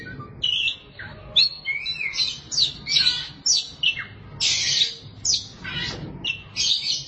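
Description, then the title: Oriental magpie-robin song: a rapid, varied run of harsh scratchy notes mixed with clear whistles and down-slurred phrases, in quick bursts with short gaps. "Suara Kicauan Burung Kacer Durasi Panjang"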